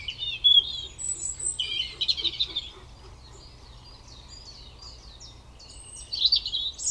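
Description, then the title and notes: European robin song: a loud, complex warbled phrase with sharp trills, then a much quieter spell of about three seconds before a short sweet phrase resumes. Koniówka, Lesser Poland, Poland; Zoom F3 recorder with Usi Pro drop rig. "Koniówka, województwo małopolskie, Polska - Robin, King of the Petland. Recordist: Maciej Wirmański"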